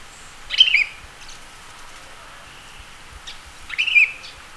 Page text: Sooty-Headed Bulbul Calls. Quick Sounds